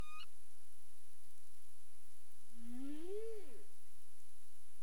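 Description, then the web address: Humpback whale call: a single low moaning unit that rises then bends down over about a second, with a brief higher tone at the start. Recorded 27 April 2035 at 22:59 UTC. "CARIMAM. humpback whale 20350427 225931 UTC"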